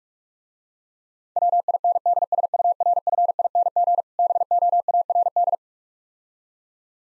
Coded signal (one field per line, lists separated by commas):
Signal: Morse code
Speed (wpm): 45 wpm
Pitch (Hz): 700 Hz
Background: none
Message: WINDSURFING BOARD